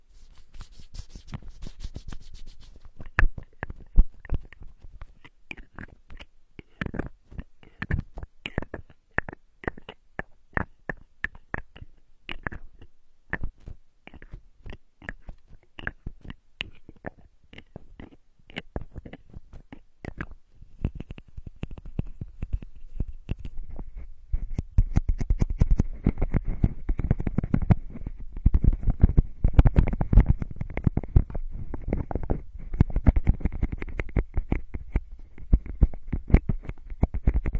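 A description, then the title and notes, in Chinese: Rapid bottle cap clicks and taps sound throughout, growing denser and heavier after about twenty-three seconds, with a thin steady whine underneath. 多种瓶盖触发音。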